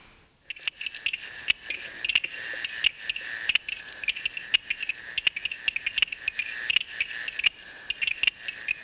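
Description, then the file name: Stonemason toadlet calling with many quick clicking notes, starting after a brief quiet, over a steady high buzz. "Uperoleia lithomoda"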